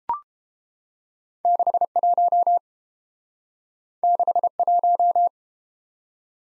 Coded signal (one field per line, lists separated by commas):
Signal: Morse code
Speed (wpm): 30 wpm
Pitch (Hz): 700 Hz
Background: none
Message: 61 61